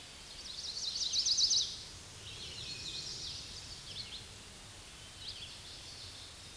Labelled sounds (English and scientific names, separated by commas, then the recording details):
Hooded Warbler (Setophaga citrina) song
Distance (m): 55 m
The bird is about 15 m above the microphone
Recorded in a Pennsylvania forest on 16 May 2024 at 09:38
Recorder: AudioMoth, point MSD-1035
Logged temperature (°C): 16.3 °C
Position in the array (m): 165 m, 110 m